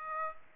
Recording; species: mosquito wingbeat signal from an infrared sensor; Aedes aegypti